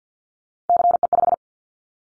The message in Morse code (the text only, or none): CE5